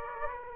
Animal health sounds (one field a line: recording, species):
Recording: mosquito wingbeat signal from an infrared sensor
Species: Aedes aegypti